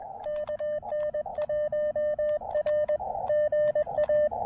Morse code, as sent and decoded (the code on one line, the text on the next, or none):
-.- -. .---- .-. / --. .-
KN1R GA